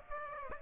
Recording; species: mosquito wingbeat signal from an infrared sensor; Aedes aegypti